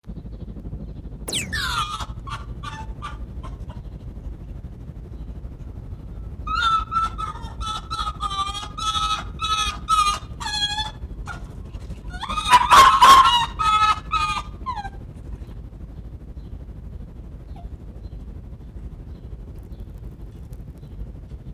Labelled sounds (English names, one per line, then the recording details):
Arctic Fox
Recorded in captivity
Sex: pair
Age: adult
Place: Zoologisches Institut der HUB, Berlin, DE
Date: 1957-04-11 13:40
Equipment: Elmetra
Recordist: Tembrock, Günter